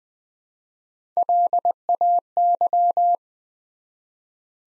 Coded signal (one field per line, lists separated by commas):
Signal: Morse code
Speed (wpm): 20 wpm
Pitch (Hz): 700 Hz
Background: none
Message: LAY